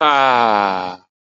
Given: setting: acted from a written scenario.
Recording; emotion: vocal sound without words; ecstasy